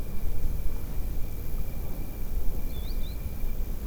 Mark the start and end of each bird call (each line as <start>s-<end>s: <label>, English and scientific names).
2.70s-3.17s: Green Sandpiper (Tringa ochropus)